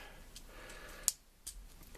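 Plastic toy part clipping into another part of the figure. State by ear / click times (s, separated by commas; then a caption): seated / 1.1 s. A plastic part of a plastic action figure is clipped into another part of the figure during its transformation, giving a sharp, bright click at 1.0 s. Softer ticks follow around 1.5 s against low background noise, and the parts are seated together.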